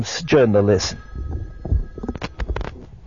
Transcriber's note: phone rings and speech in background off mic